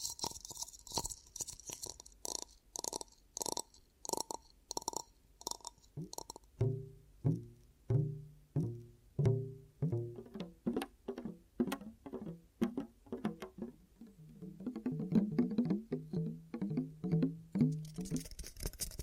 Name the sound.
Ear Cupping Triggers